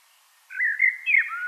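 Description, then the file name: Common blackbird giving a short, smooth whistled phrase that rises slightly, then drops at the end, after half a second of silence. "Turdus merula"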